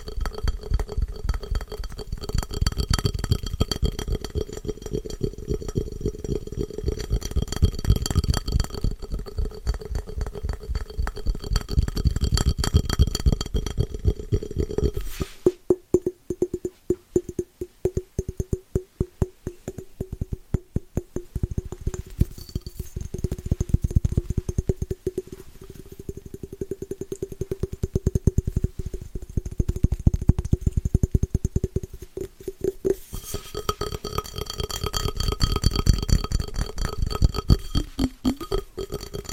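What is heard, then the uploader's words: Fast, scratchy tapping runs through the whole recording as a dense stream of quick, regular clicks over a steady low hum and a faint high whine. Around fifteen seconds the tapping thins and becomes more separated and crisp, then grows fuller again near thirty-three seconds. ASMR Fast & Scratchy Tapping (No Talking).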